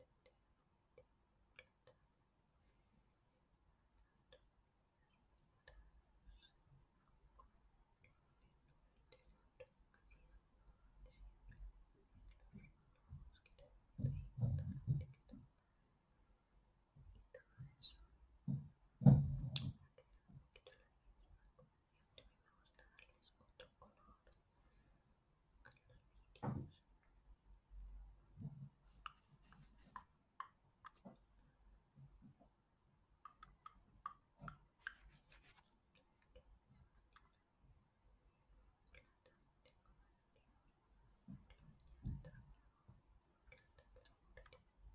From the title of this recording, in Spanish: Toco TU Carita con Brocha